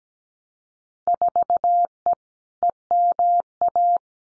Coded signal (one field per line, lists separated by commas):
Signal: Morse code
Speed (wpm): 17 wpm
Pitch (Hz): 700 Hz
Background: none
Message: 4E EMA